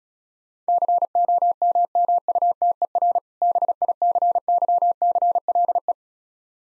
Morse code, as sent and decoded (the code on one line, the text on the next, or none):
-.-. --- -- -- ..- - . .-. / -... .. -.-. -.-- -.-. .-.. .
COMMUTER BICYCLE